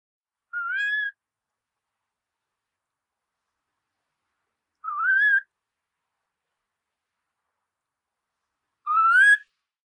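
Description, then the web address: Far Eastern curlew giving a rising whistled call, a single clear note repeated about every four seconds against silence. "hourokusigi"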